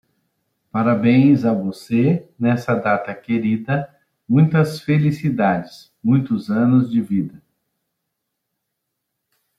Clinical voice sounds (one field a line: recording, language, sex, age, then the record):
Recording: short text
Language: Brazilian Portuguese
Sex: male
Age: 50 to 59 years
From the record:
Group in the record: control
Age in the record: 54 years